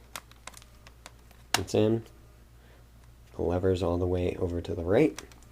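During film loading, a film pack or back component is pushed all the way over to the right in an instant pack-film camera, with a few short, sharp handling taps in the first second and a faint tick near 3.0 s. Someone talks over the handling, and nothing has seated or clicked into place yet.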